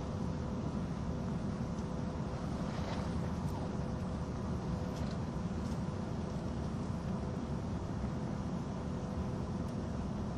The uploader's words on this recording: SBB線 ETR610形 EC311レ 01/01:Zurich HB～Chiasso. In Switzerland, the ETR610 type Eurocity (EC), which is the main tilting vehicle, and the train on the Gotthard Tobasis Tunnel route, which can demonstrate both high speed performance and curve passing performance, are recorded.